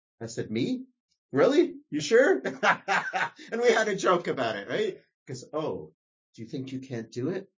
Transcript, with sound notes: I said, Me? Really? You sure? *laughs* And we had a joke about it, right? He goes, oh, do you think you can’t do it?